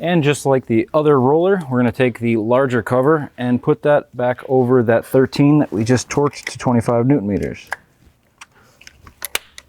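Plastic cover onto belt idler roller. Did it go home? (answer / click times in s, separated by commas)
yes / 9.3 s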